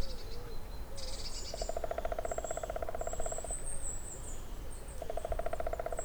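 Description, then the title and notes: Woodpecker drumming: two rapid, even rolls of resonant knocks, the first about two seconds long, the second shorter, with thin high squeaks and a steady low hum behind. On a dry spruce near wetlands at Hatě, Ústí, Czechia; recordist unsure whether a green woodpecker or another woodpecker. "Ústí, Czechia - datel na suchém smrku. žluna nebo datel na suchém smrku nedaleko mokřadů na Hatích"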